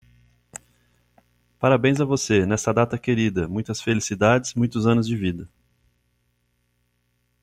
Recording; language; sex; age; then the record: short text; Brazilian Portuguese; male; 40 to 49 years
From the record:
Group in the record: control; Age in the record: 42 years